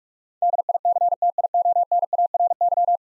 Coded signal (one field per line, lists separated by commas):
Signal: Morse code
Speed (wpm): 44 wpm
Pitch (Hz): 700 Hz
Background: none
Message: DICTIONARY